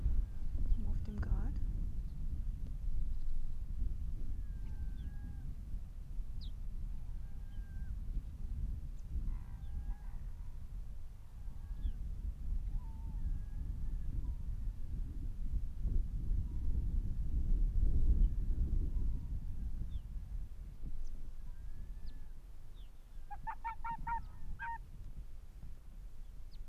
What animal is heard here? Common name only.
Arctic Fox